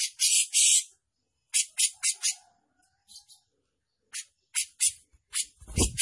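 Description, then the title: Grey-cheeked bulbul giving rasping, hissy high phrases in irregular clusters separated by pauses, ending with a low rumbling knock. Prolific-singing (gacor) individual; song described as showy and in the 'mbeset ngepik' style. "Cucak Jenggot Gacor, Mewah Mbeset Ngepik"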